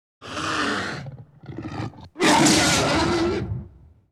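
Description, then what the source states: Lion roars, a long harsh roar, then short growling grunts, then a second loud, raspy roar lasting over a second before fading. Lion attack.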